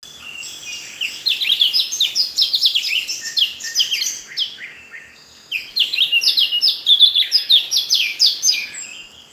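Bird twittering: dense, rapid high chirps and warbled notes in two long bursts separated by a short pause.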